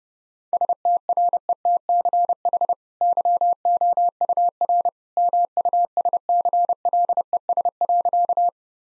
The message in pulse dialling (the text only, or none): none